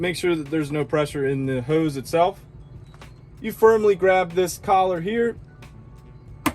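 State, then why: Released. Someone talks while a shower hose's quick-connect fitting, with no pressure left in the hose, is released from a van's outdoor shower valve by firmly grabbing its collar and pressing it toward the front of the vehicle. A sharp click at 6.5 s marks the fitting releasing, so the hose can be pulled straight back out.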